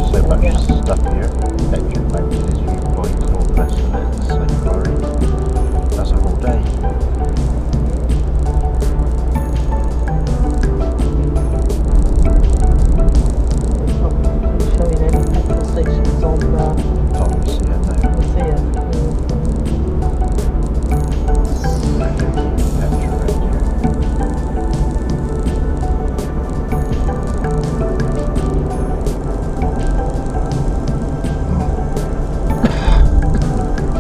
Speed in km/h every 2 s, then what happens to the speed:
53, 53, 53, 53, 52, 50, 52, 53, 53, 53, 55, 55, 55, 55, 55, 56, 56.
0-34 steady at about 53.